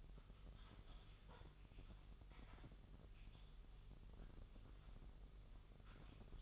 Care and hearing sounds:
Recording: daily activity, microphone in the room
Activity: typing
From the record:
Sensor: 4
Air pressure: 989.6 hPa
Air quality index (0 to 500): 226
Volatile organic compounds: 87 ppm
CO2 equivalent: 3660 ppm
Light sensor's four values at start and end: 26/91/33/35 and 26/91/33/35

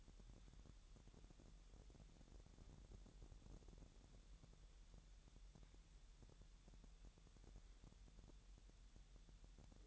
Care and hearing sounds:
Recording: daily activity, microphone in the room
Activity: wipe stove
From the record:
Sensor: 3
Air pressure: 1000.8 hPa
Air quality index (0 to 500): 248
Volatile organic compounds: 176 ppm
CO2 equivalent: 4129 ppm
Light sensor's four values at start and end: 12/27/11/11 and 12/27/11/11

